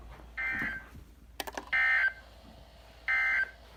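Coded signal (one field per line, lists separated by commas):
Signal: Emergency Alert System (SAME) tones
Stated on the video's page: Severe thunderstorm watches and warnings and a flash flood warning, recorded from NOAA Weather Radio station in Columbus, Ohio.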